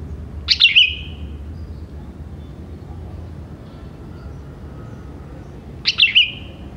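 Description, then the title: Sooty-headed bulbul song: two short bubbly phrases of quick chirps sliding down to a steady note, about five seconds apart, over a low background hum. "Kutilang"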